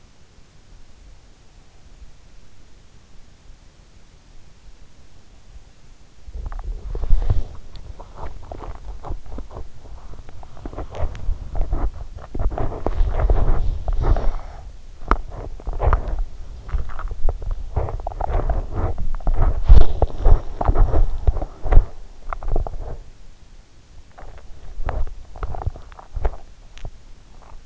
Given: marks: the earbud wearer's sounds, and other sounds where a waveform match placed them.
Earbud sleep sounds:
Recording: sounds in sleep by an in-ear microphone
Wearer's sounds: breath, teeth grinding, body movement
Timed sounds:
1.18-2.77 s: breath
5.67-27.66 s: teeth grinding
6.10-7.60 s: body movement
12.39-14.31 s: body movement
13.72-14.83 s: breath
18.82-20.89 s: body movement

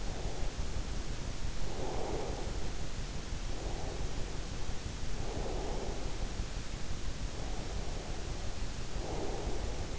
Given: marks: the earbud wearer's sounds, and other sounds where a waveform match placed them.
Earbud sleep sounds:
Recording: sounds in sleep by an in-ear microphone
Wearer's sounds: breath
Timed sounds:
0.00-2.71 s: breath
3.53-6.28 s: breath
7.36-9.99 s: breath

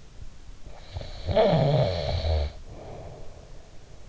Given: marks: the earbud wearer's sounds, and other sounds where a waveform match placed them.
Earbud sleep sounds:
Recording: sounds in sleep by an in-ear microphone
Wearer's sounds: snoring breath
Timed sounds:
0.56-4.07 s: snoring breath

